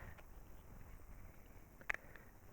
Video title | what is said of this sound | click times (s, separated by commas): Blaser R8 quick look at my new rifle | these just simply click into place it is a four round magazine so might as well shoot four | 1.9 s